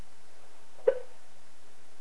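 One abrupt, brief voiced catch in a quiet room: a single hiccup from an adult, an involuntary diaphragm spasm with sudden glottal closure.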